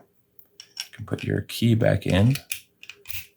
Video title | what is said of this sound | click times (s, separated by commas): Audi A7 Key Fob Battery Replacement (2016 - 2022) | you'll just slide it in there until it clicks into place | 0.8 s